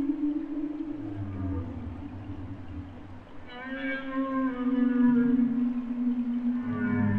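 Humpback whale song: deep moaning units followed by a long wavering tonal cry rich in harmonics, ending in another low groan.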